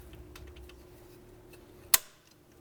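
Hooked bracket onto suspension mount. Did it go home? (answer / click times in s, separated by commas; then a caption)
yes / 1.9 s. A small hooked part is slid into position on the front suspension mount of a BMW with the N55 engine (2009–2019 E90 335i, F30 335i, F87 M2, E82 135is) during rod bearing replacement. Over a quiet low hum with faint ticks, one sharp click sounds at 1.9 s as it snaps on. The hooked part is seated.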